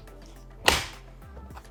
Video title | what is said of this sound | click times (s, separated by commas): Tandem Duo 2.0 Rollator / Wheelchair Assembly Video | you'll have heard that click as it slots into position | 0.7 s